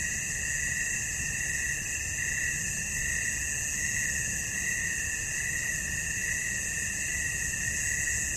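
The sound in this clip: Cricket song in a steady, unbroken drone, with high even tones that hold constant throughout and a faint low rumble beneath.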